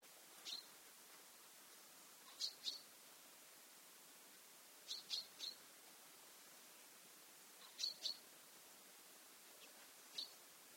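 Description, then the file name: Common chaffinch calls: short, sharp high chips, mostly in pairs or threes, repeated every two to three seconds over steady background noise. "Fringilla coelebs"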